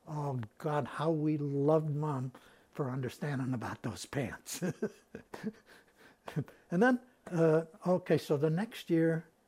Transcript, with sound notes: Oh, God, how we loved mom for understanding about those pants. [Laughs] And then — okay, so the next year